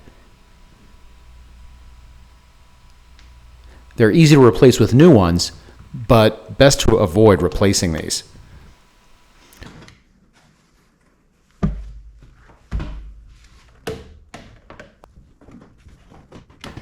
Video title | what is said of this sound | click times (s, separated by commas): Porsche 911 Air Filters – In Cabin, Frunk and Engine Air Filter Replacement | You'll hear these snap in. Now they're secure. | 11.6 s, 13.9 s, 16.6 s